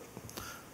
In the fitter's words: all you do is this lever right here you just push it until you hear the click push